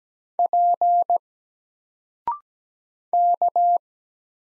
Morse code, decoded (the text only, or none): P K